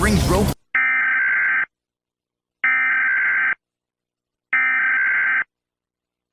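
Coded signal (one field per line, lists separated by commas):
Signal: Emergency Alert System (SAME) tones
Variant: header bursts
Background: speech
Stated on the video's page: Fictional tornado alert scenario set in a Roblox game.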